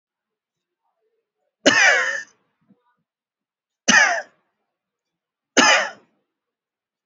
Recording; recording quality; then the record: heavy voluntary cough; excellent, no background noise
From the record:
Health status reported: healthy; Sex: male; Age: 39 years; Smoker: no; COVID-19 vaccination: one dose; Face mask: worn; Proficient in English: yes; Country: India